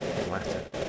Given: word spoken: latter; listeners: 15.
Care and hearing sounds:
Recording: one English word in noise, from a listening test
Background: noise modulated by three-talker babble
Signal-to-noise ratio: -3.0 dB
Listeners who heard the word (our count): 0 of 15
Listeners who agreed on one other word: 6 of 15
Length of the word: 0.49 s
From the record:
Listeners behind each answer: 6, 3, 2, 2, 1, 1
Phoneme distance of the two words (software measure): 10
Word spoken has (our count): 2 syllables, 4 phonemes, stress on syllable 1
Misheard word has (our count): 2 syllables, 4 phonemes, stress on syllable 1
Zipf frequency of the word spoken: 3.69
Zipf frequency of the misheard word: 5.24

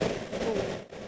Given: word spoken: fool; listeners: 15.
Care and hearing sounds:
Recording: one English word in noise, from a listening test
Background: noise modulated by three-talker babble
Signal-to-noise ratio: -4.1 dB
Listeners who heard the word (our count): 3 of 15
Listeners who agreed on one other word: 6 of 15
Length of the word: 0.68 s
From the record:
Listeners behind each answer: 6, 3, 1, 1, 1, 1, 1, 1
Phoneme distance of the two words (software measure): 20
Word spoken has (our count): 1 syllable, 3 phonemes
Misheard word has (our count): 1 syllable, 3 phonemes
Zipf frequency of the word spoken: 4.36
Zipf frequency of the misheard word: 5.33

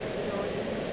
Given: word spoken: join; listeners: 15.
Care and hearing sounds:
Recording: one English word in noise, from a listening test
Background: speech-shaped noise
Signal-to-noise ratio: -6.4 dB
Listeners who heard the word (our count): 0 of 15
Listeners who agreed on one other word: 7 of 15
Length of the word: 0.53 s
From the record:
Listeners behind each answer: 7, 1, 1, 1, 1, 1, 1, 1, 1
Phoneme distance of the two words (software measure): 20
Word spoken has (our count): 1 syllable, 3 phonemes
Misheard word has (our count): 1 syllable, 3 phonemes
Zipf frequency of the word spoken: 5.10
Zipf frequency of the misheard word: 4.78

